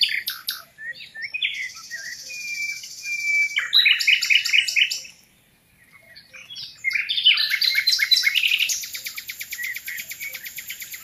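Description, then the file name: Common nightingale song: rich varied phrases of rapid repeated notes, buzzy trills and sustained high whistles, with brief pauses between phrases. "Luscinia megarhynchos"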